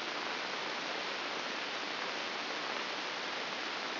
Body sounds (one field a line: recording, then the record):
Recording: brain microelectrode recording played as sound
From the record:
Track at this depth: outside the subthalamic nucleus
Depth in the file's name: 6.461 mm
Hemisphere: left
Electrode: 2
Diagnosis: Parkinson's disease